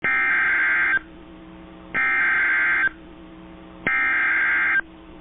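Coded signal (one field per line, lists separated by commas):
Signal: Emergency Alert System (SAME) tones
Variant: header bursts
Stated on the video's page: Tornado Warning EAS alert with valid EAS tones.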